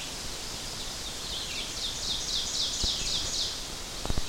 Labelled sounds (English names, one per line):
Ovenbird song